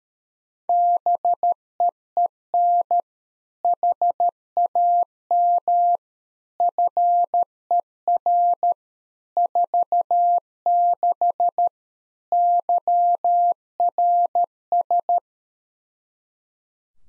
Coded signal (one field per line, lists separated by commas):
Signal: Morse code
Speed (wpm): 13 wpm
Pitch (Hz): 700 Hz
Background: none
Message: BEEN HAM FER 46 YRS